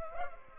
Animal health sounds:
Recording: mosquito wingbeat signal from an infrared sensor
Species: Culex pipiens

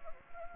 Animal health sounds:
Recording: mosquito wingbeat signal from an infrared sensor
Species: Anopheles gambiae

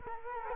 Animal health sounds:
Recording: mosquito wingbeat signal from an infrared sensor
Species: Culex quinquefasciatus

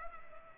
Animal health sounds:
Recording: mosquito wingbeat signal from an infrared sensor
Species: Culex pipiens

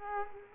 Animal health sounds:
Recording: mosquito wingbeat signal from an infrared sensor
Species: Culex quinquefasciatus

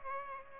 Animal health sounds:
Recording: mosquito wingbeat signal from an infrared sensor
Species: Aedes aegypti

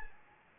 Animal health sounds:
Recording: mosquito wingbeat signal from an infrared sensor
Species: Anopheles gambiae

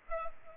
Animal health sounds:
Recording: mosquito wingbeat signal from an infrared sensor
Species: Culex pipiens

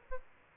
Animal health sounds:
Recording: mosquito wingbeat signal from an infrared sensor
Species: Aedes albopictus

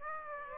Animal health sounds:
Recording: mosquito wingbeat signal from an infrared sensor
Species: Aedes aegypti

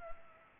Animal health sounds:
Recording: mosquito wingbeat signal from an infrared sensor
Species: Culex pipiens

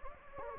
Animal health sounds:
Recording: mosquito wingbeat signal from an infrared sensor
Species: Anopheles gambiae

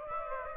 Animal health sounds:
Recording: mosquito wingbeat signal from an infrared sensor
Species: Aedes aegypti

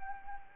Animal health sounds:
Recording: mosquito wingbeat signal from an infrared sensor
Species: Anopheles arabiensis

